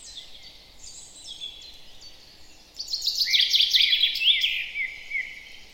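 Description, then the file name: Common chaffinch song: a single descending phrase of rapid notes, preceded by fainter high calls. "Fringilla coelebs"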